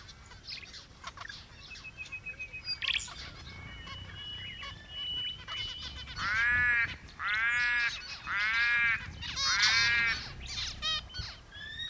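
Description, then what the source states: Zebra finch flock chatter rising to loud, buzzy nasal honks in bursts near the end, with thin steady whistles and overlapping chirps throughout. More than one zebra finch.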